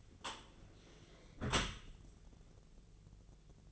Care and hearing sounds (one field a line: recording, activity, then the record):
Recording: daily activity, microphone in the room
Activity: close dishwasher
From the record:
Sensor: 4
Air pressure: 1001.3 hPa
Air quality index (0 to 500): 183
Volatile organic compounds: 2 ppm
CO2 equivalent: 1309 ppm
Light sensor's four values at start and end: 13/30/12/13 and 13/30/12/13